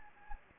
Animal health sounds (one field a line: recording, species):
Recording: mosquito wingbeat signal from an infrared sensor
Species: Anopheles gambiae